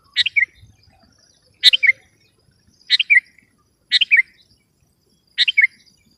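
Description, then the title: Sooty-headed bulbul song: short, liquid phrases of three or four quick notes, repeated about every one and a half seconds. "kutilang"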